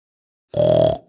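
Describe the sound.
Sheep giving a single short, nasal bleat of about half a second, steady in pitch, after a moment of silence.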